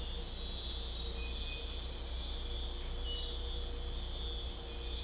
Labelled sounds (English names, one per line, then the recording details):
none
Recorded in dense forest near Puerto Asís, Putumayo, Colombia, on 16 December 2024 at 04:30
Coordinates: 0.499, -76.324
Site G045